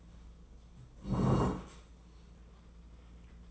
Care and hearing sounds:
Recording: daily activity, microphone in the room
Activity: sit down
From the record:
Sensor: 1

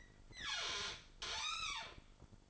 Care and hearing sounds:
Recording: daily activity, microphone in the room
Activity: open fridge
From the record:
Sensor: 5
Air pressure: 1007.9 hPa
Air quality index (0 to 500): 95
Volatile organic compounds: 1 ppm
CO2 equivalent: 747 ppm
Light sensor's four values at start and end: 39/90/38/39 and 40/91/38/39

